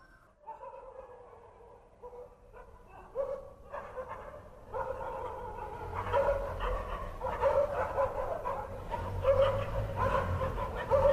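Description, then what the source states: Dog barking, faint and sparse at first, then growing louder and more rapid, with irregular bursts of barks toward the end. Stray dog.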